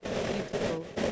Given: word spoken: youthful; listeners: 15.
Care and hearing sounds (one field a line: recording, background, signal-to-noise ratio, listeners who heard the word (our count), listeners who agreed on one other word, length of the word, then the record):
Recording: one English word in noise, from a listening test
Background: noise modulated by three-talker babble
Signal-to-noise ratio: -5.9 dB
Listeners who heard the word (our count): 1 of 15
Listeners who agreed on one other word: 8 of 15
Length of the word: 0.72 s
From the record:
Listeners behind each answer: 8, 2, 1, 1, 1, 1, 1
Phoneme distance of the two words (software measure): 24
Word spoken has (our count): 2 syllables, 6 phonemes, stress on syllable 1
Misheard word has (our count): 3 syllables, 8 phonemes, stress on syllable 1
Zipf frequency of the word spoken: 3.30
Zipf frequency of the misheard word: 5.42